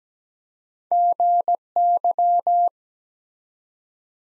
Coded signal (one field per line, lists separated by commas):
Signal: Morse code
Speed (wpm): 17 wpm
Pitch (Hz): 700 Hz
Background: none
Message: GY